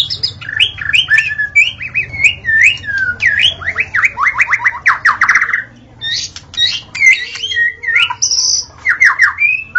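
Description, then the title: White-rumped shama in full song: long varied sequences of rising and falling whistles, quick series of repeated notes and buzzy chatters. Natural song of a forest white-rumped shama. "Kicau Asli Murai Batu Hutan"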